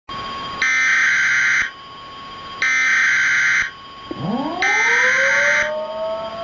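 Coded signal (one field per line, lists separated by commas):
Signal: Emergency Alert System (SAME) tones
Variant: header bursts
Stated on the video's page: Fictional tornado alert scenario.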